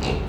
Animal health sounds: contact call of a hoofed animal; pig; closed-mouth grunt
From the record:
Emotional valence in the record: negative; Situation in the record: short social isolation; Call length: 0.29 s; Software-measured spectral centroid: 2170 Hz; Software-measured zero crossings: 1490 a second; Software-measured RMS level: -24 dBFS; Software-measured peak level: -11 dBFS

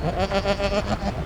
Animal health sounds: contact call of a hoofed animal; goat; low-frequency (closed-mouth) or high-frequency (open-mouth) call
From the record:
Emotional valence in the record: negative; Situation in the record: short social isolation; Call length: 1.25 s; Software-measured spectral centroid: 1960 Hz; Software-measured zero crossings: 1470 a second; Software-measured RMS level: -24 dBFS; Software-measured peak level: -9 dBFS

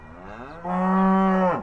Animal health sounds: contact call of a hoofed animal; cattle; low-frequency (closed-mouth) or high-frequency (open-mouth) call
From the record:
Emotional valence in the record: negative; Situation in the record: full separation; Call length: 1.63 s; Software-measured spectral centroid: 1080 Hz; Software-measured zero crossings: 1370 a second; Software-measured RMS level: -22 dBFS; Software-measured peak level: -11 dBFS

